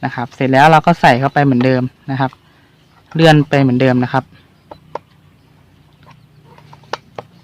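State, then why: Not seated. Someone talks while the plastic cover of a Flash portable, inkless thermal printer is slid back onto the printer body after the thermal paper roll has been reloaded. Light, sharp plastic taps follow at about 4.7, 5.0, 6.7, 6.9 and 7.2 seconds, the loudest near 6.9 seconds. Nothing has seated or clicked yet; the cover has not reached its lock when the clip ends.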